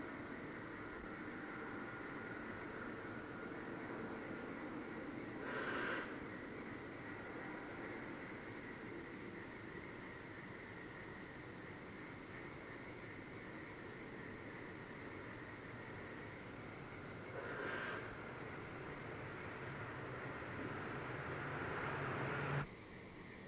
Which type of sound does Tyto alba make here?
call